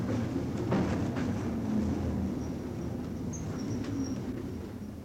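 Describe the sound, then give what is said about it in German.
A tram drives fast along empty streets, rumbling steadily with low, continuous rolling noise and a few sharp clanks, then faint high-pitched squeals, like brakes, appear toward the end as it stops. No one speaks. “fährt mit Karacho. Die Straßen sind ja leer.”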